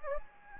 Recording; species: mosquito wingbeat signal from an infrared sensor; Anopheles gambiae